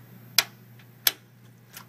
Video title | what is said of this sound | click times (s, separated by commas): KOMPUTERBAY 1GB DDR DIMM (184 PIN) 400Mhz PC3200 DDR400 DESKTOP MEMORY | you hear the clicking sound it means that the memory is secure on the motherboard | 0.4 s, 1.1 s